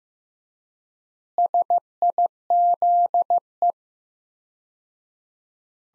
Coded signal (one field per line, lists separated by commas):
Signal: Morse code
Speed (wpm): 15 wpm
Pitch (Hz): 700 Hz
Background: none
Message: SIZE